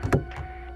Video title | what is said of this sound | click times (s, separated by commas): AUXITO LED 194 Bulb Review/Install: 2022 Toyota GR86/BRZ | it just should snap right in | 0.1 s